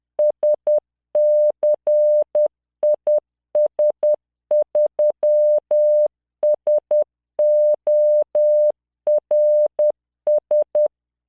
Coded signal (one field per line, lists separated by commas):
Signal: Morse code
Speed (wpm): 10 wpm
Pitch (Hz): 600 Hz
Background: none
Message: SCIS3SORS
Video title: tamanのモールス練習動画45（モールス信号 速度10WPM morse code)